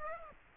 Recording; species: mosquito wingbeat signal from an infrared sensor; Aedes aegypti